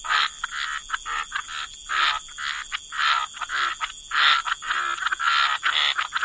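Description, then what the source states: Frogs croaking loudly in overlapping bursts, coarse rattling calls one after another, accompanied by a continuous high-pitched hum. Frog chorus.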